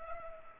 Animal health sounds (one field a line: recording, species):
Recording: mosquito wingbeat signal from an infrared sensor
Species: Culex pipiens